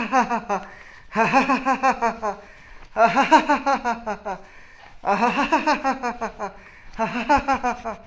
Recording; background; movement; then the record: laughter; quiet; walking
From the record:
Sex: male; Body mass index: 20.6 kg/m2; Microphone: on the chest, facing the body